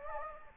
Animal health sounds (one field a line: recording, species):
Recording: mosquito wingbeat signal from an infrared sensor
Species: Anopheles gambiae